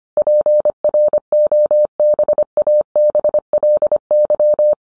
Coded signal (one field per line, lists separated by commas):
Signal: Morse code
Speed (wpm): 25 wpm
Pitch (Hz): 600 Hz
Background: none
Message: PROBABLY